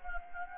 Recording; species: mosquito wingbeat signal from an infrared sensor; Anopheles gambiae